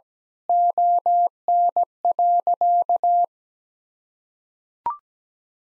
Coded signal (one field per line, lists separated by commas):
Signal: Morse code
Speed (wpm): 17 wpm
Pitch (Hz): 700 Hz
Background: none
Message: ON.